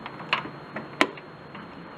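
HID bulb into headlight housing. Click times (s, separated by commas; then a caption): 1.0 s. An SDX 4300K HID bulb is slid into the headlight housing of a 2000 Honda Accord and twisted clockwise until it locks. A few faint ticks and scrapes are heard around 0.1, 0.3 and 0.8 seconds, then a sharp, bright click at 1.0 s as the bulb seats. The bulb is confirmed locked in place.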